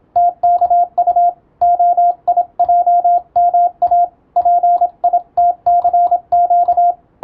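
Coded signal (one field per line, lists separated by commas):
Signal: Morse code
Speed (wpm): 27 wpm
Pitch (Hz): 700 Hz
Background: radio noise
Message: TKU OIJMA PITCQ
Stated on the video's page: Morse receiving practice using European-language telegram practice text, as in radiotelegraph operator training.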